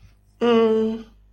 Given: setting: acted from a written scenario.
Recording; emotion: vocal sound without words; neutral